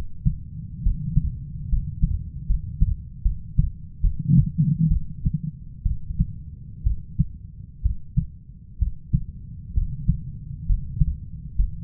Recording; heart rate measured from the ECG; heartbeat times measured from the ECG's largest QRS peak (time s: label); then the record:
heart sounds by stethoscope; 67 bpm
0.83 s: heartbeat
1.69 s: heartbeat
2.47 s: heartbeat
3.22 s: heartbeat
4.01 s: heartbeat
4.88 s: heartbeat
5.83 s: heartbeat
6.83 s: heartbeat
7.82 s: heartbeat
8.79 s: heartbeat
9.74 s: heartbeat
10.66 s: heartbeat
11.56 s: heartbeat
From the record:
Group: healthy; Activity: rest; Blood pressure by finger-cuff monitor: 137/65 mmHg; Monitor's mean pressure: 87 mmHg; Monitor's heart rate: 63 bpm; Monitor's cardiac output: 6.2 L/min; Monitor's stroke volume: 96 mL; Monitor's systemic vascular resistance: 1040 dyn s/cm5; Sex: female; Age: 37 years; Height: 168 cm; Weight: 70 kg